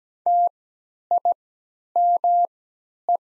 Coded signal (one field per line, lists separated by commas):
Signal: Morse code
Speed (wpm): 17 wpm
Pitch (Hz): 700 Hz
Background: none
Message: TIME